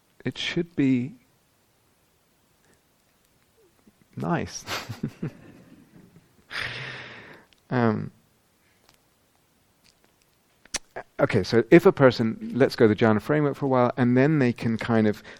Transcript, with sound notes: it should be nice. [laughter] Okay, so if a person lets go of the jhāna framework for a while, and then they can kind of